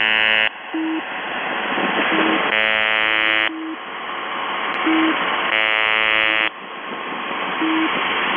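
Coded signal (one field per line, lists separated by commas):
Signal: channel marker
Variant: UVB-76 (The Buzzer)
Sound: harsh one-second buzzes repeating about every three seconds, with hiss and faint low beeps between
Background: radio static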